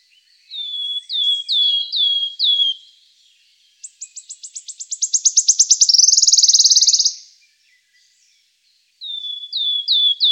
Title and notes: Waldlaubsänger. Sounds of birds from Germany, Austria, Switzerland